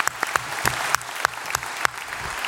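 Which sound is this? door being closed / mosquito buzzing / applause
applause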